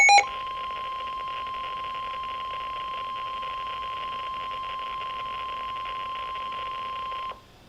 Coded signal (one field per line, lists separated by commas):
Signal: Emergency Alert System (SAME) tones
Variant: 1050 Hz attention tone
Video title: Severe Thunderstorm Warning for Cecil County in MD {EAS #442} 6-22-12